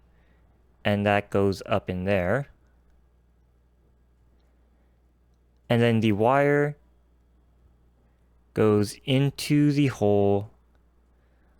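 A metal keyboard stabilizer wire is guided into the hole of a plastic stabilizer housing, lined up before it is clipped in. Someone talks in three short bursts with near-silence between them. The wire has not clipped in yet and no click is heard.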